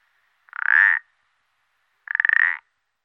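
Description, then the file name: Common parsley frog calling, two short creaky croaks about half a second long, each made of rapid pulses and rising slightly, separated by a pause of over a second; background otherwise silent. "pelodyte ponctuee"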